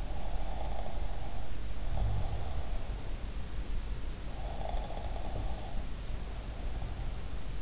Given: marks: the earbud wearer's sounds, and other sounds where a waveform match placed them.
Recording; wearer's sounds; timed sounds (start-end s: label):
sounds in sleep by an in-ear microphone; snoring breath
0.00-3.19 s: snoring breath
4.49-7.27 s: snoring breath